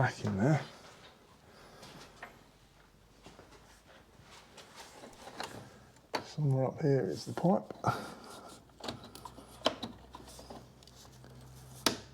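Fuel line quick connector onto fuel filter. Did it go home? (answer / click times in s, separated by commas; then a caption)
yes / 11.9 s. A fuel line quick connector is pushed onto the new fuel filter of a 2009 VW Beetle 1.4 petrol while someone talks, with scattered small handling knocks along the way. At 11.9 s the connector's plastic latch snaps home with a sharp, more positive click, and the connector is seated.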